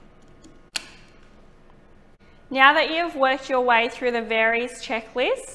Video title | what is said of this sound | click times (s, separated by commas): Zeus IE - System and Leakage Test | to insert the water trap squeeze the clips and push in until you hear a click | 0.8 s